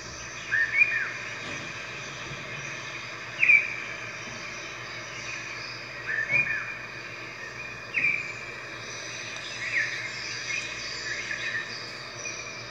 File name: Red-whiskered Bulbul Voice